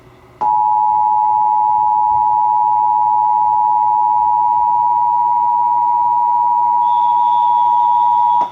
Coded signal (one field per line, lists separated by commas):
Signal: Emergency Alert System (SAME) tones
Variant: 853 and 960 Hz attention tone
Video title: Illinois EAS Required Monthly Test | PBS WILL-TV (6/4/24)